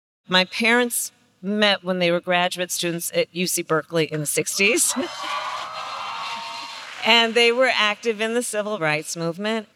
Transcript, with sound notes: My parents met when they were graduate students at UC Berkeley in the ‘60s. [Applause.] And they were active in the Civil Rights Movement.